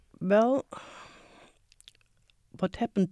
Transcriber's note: sighs